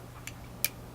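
A magnetic cover on a Tsunami mechanical vape mod is let go and pulled onto the body by its magnets. A faint tick at 0.3 s is followed by a sharp, bright snap at 0.6 s over a low steady hum. The cover seats firmly, showing how strong the magnets are.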